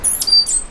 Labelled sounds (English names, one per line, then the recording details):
Stitchbird song
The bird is a male
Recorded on Tiritiri Matangi Island, New Zealand, in 2005
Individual 1, of nest box 1